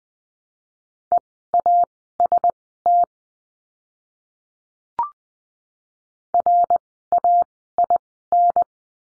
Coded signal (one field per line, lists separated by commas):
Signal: Morse code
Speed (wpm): 20 wpm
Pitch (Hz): 700 Hz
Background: none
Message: EAST RAIN